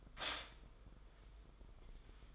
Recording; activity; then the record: daily activity, microphone in the room; stop toaster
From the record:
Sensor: 5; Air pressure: 990.9 hPa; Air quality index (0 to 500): 146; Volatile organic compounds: 133 ppm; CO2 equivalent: 3944 ppm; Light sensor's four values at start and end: 39/122/47/50 and 40/122/47/50